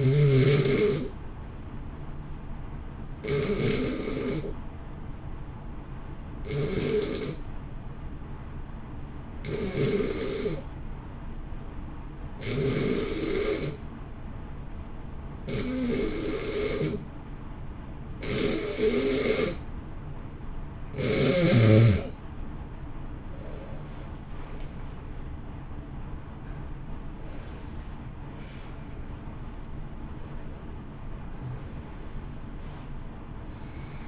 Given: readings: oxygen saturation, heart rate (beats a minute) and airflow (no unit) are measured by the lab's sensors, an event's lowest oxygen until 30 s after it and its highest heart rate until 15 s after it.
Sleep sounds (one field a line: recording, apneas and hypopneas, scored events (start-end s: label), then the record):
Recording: breathing in sleep by a smartphone at the bedside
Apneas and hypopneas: 1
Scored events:
5.00-25.30 s: hypopnea (N1, oxygen 93% highest, then 87% lowest, heart rate 58 at the start, 73 highest)
From the record:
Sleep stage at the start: N1 (lightest sleep)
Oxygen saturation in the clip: 86 to 93%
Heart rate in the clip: 56 to 73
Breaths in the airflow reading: 7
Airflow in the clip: -3.9 to 4.7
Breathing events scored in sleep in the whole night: 328 in 6.3 hours asleep